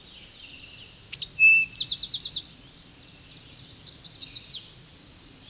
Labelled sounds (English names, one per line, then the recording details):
Eastern Towhee song
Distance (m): 5 m
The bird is about level with the microphone
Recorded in a Pennsylvania forest on 16 May 2024 at 06:24
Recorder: AudioMoth, point MSD-0178
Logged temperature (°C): 15.3 °C
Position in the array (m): 80 m, 57 m